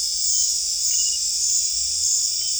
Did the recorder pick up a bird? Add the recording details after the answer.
no. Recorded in dense forest near Puerto Asís, Putumayo, Colombia, on 20 December 2024 at 20:00. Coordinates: 0.482, -76.320. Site G021